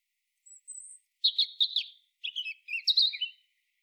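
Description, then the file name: European robin song opening with a thin high whistle, then tumbling warbled trills in two quick bursts. "Erithacus rubecula"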